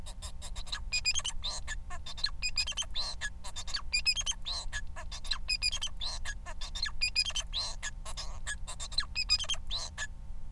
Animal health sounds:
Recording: song of a male Bengalese finch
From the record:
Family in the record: son of father 4

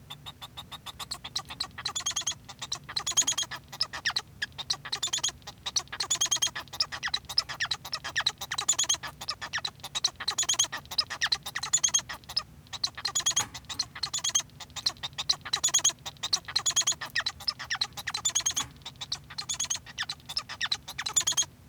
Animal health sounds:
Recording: song of a male Bengalese finch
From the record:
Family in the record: son of father 1

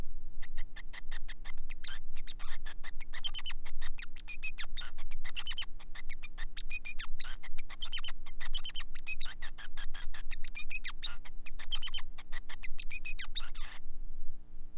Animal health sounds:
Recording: song of a male Bengalese finch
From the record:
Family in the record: son of father 5

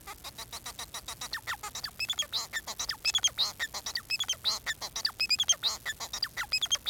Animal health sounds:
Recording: song of a male Bengalese finch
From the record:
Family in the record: son of father 4

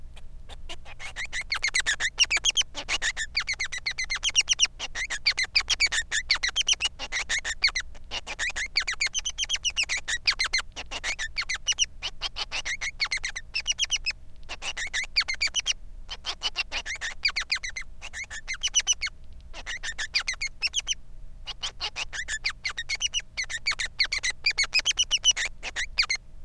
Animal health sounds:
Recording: song of a male Bengalese finch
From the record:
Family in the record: son of father 3

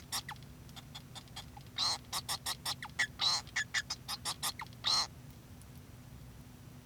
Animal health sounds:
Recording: song of a male Bengalese finch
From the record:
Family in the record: son of father 2

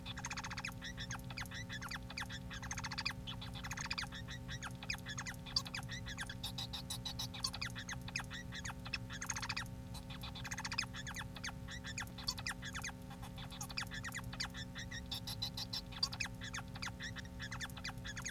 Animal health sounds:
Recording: song of a male Bengalese finch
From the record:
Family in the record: son of father 4

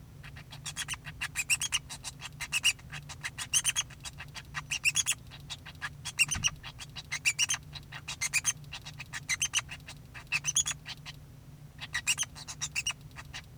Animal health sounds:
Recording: song of a male Bengalese finch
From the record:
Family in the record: son of father 2

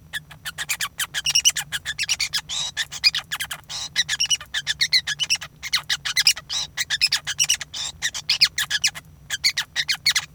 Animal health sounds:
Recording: song of a male Bengalese finch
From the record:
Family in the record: son of father 5

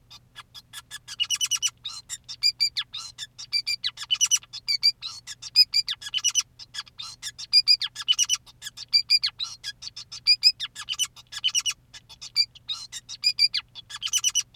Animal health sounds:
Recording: song of a male Bengalese finch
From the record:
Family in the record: son of father 2, and himself father 5

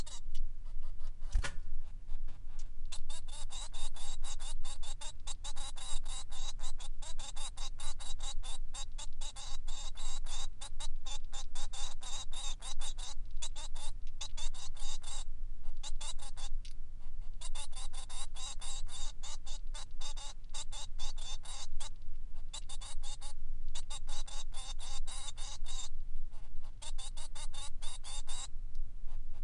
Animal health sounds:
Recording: song of a male Bengalese finch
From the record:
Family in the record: son of father 3

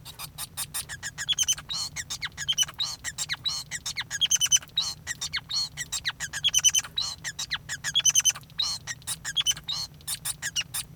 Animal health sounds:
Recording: song of a male Bengalese finch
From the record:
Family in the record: son of father 5

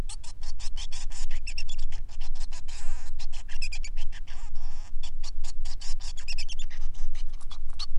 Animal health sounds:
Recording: song of a male Bengalese finch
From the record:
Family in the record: son of father 3

